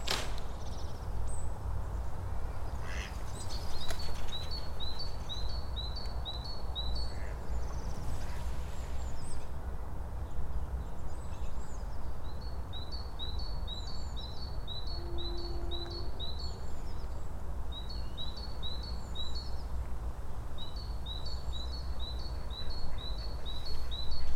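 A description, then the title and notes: City traffic makes a steady, dense low rumble for the whole stretch. Over it, a bird repeats a quick, bright run of chirps in four bursts of a few seconds each. A brief low hum sounds near the fifteen-second mark. Park Wschodni, March 2018 Lokalizacja: Park Wschodni, Księże Małe. Rekorder, mikrofon: sony pcm d50.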